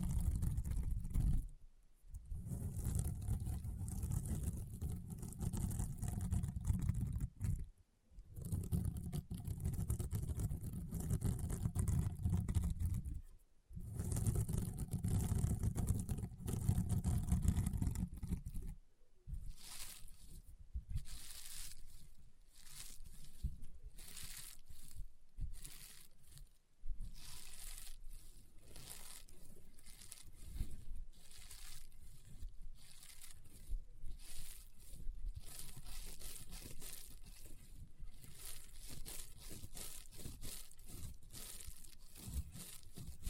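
Rainbow honeycomb slime being squeezed and pressed, giving dense crunching and crackling with popping textures. For the first eighteen seconds the sound is thick and heavy with low rumble, broken by brief silences; afterward it turns lighter and choppier, with rapid separate crackles and pops.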